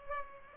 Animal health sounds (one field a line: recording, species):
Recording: mosquito wingbeat signal from an infrared sensor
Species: Culex pipiens